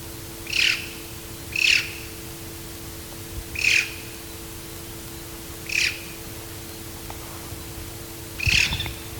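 Black-throated magpie-jay giving loud, harsh, squawking calls, five spaced at uneven intervals of one to three seconds, with a steady low hum underneath.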